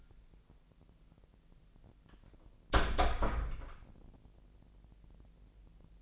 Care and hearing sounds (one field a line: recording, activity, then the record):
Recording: daily activity, microphone in the room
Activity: close door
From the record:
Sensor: 5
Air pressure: 1001.6 hPa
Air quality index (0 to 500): 249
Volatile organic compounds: 33 ppm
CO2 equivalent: 3030 ppm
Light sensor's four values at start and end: 34/81/32/30 and 34/80/31/30